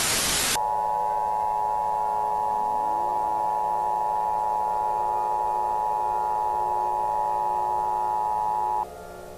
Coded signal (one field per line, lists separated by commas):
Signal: Emergency Alert System (SAME) tones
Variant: 853 and 960 Hz attention tone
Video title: THREADS: AN EAS/EBS SCENARIO (FT @Diamondlegendz and @nulldorito)